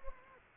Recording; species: mosquito wingbeat signal from an infrared sensor; Anopheles gambiae